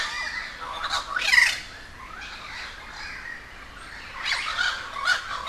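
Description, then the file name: Crow calls, a few loud harsh squawks near the start and again toward the end, with quieter scattered caws between. A gathering of many crows at Humboldt Park, Cuba. "aaron ximm-humbold park cuba-convocation of crows"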